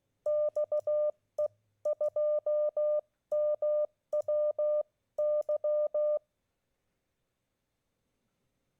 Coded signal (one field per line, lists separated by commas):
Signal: Morse code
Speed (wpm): 16 wpm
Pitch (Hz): 600 Hz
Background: none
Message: XE2MWY